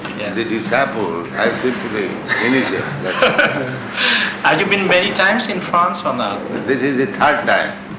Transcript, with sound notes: the disciples. I simply initiate. That's all.
[laughs] Have you been many times in France or not?
This is the third time.